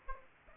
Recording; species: mosquito wingbeat signal from an infrared sensor; Aedes aegypti